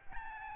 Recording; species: mosquito wingbeat signal from an infrared sensor; Aedes albopictus